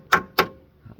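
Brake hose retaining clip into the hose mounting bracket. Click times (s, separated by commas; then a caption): 0.4 s. A metal retaining clip on a car brake flex hose is tapped into the hose mounting bracket with sharp, hammer-like metallic strikes. There are two bright strikes at 0.1 s and 0.4 s, followed by a faint low knock near 0.9 s. The clip is driven home and seats at 0.4 s, locking the hose in place.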